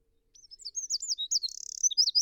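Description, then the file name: Eurasian wren in vigorous song, tinkling high notes running into a brief buzzy trill and further rapid chirps. "Troglodytes troglodytes"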